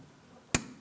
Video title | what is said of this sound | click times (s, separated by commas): How to Replace Headlights 2007-2014 Ford Edge | Let's line it up. Press it in. Listen for a click from that. | 0.6 s